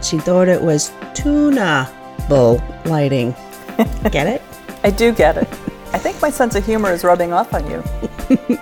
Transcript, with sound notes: she thought it was tuna-able lighting. Get it?
(laughs) I do get it… I think my sense of humor is rubbing off on you.